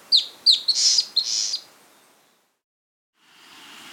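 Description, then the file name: Long-tailed antbird calling: two sharp downslurred high notes, then a rapid buzzy burst and a second buzzy note. Quiet for over a second, then faint background hiss. Andean bird; Andes, South America. "Long-Tailed Antbird (Drymophila Caudata)"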